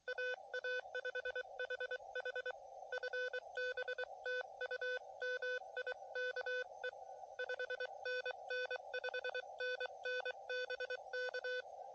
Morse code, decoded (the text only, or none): AA5HH FB TU MIKE 5NN 5NN BK